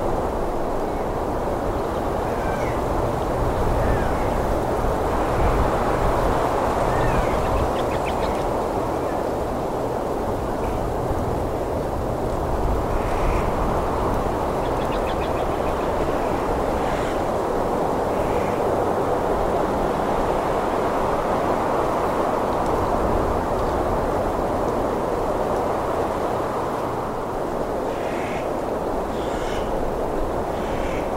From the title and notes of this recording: Mountain birds chirping and singing on a windy day. The sound of the wind rustling through the leaves and branches. Mountain Birds on a Windy Day.